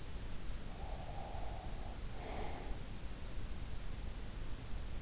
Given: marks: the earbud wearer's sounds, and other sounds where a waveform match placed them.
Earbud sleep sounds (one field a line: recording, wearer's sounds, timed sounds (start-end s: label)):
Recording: sounds in sleep by an in-ear microphone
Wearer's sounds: breath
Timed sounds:
0.27-3.40 s: breath